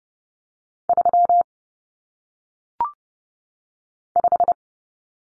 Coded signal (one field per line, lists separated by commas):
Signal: Morse code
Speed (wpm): 30 wpm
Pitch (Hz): 700 Hz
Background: none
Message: 35